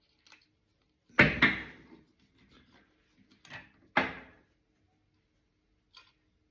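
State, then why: Not seated. A plastic part of an Altaya die-cast and plastic Optimus Prime model kit is pressed against the model body, making sharp plastic knocks around 1.2, 1.4, 3.5 and 4.0 seconds and a faint tick near 6.0 seconds. The part does not snap into place, and nothing has seated or clicked yet.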